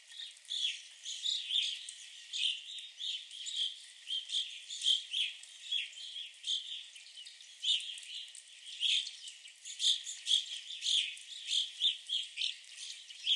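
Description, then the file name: Evening grosbeak flock calling, a steady stream of overlapping clear chirps with no pause. Several birds at a visitor center in Sax-Zim Bog. "Evening Grosbeaks at the Sax-Zim Bog Visitor Center"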